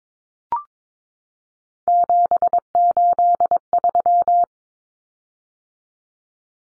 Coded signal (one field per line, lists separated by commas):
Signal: Morse code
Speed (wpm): 22 wpm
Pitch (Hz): 700 Hz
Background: none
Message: 783